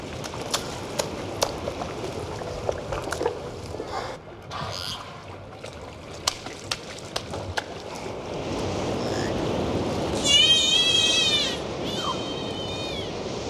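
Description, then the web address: Dolphin clicks, a rapid series of sharp ticks, then wavering high whistles near the end over a background hiss. "prirodni zvuci za deca zvuci ot delfini"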